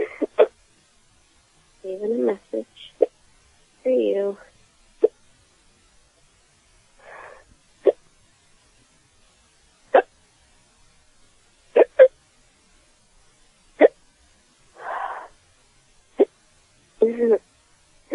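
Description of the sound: An adult with an ongoing bout of hiccups: about a dozen short, sharp, clicky hiccups come every one to two seconds, between brief stretches of soft voicing or murmured speech. Each is a sudden involuntary catch of breath in the throat.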